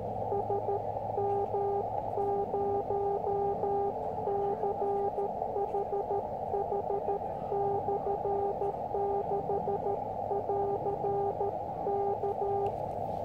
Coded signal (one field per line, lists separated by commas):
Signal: Morse code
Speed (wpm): 13 wpm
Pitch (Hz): 400 Hz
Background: none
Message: SM0CHH/6<AR>K